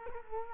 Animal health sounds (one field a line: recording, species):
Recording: mosquito wingbeat signal from an infrared sensor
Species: Culex quinquefasciatus